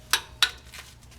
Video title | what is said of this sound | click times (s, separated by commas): Oil change, how to, 2000 GMC Sierra | until you hear a click, as you should have heard right there. | 0.4 s